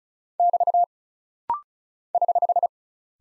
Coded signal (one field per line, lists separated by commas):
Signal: Morse code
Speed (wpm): 36 wpm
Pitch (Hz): 700 Hz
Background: none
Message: <BT> <HH>